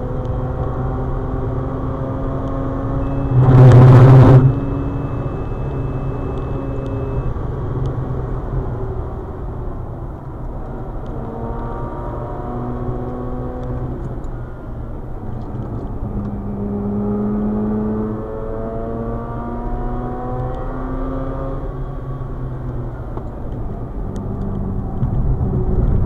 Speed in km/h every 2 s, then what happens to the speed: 154, 161, 158, 143, 103, 105, 105, 88, 96, 111, 114, 87, 80.
0-5 steady at about 158. 5-8 brakes to 103. 12-15 brakes to 88. 15-20 speeds up to 114. 20-23 brakes to 80.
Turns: 11-16, 21-26.